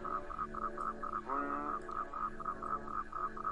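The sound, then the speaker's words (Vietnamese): A chorus of frogs at a stagnant pond croaks in the morning in quick, steady pulses, many calls overlapping in a dense rhythmic racket, with a lower drawn-out croak rising briefly in the middle. “Thế rồi đám ếch nhái ở cái ao tù cũng đua nhau gào lên.”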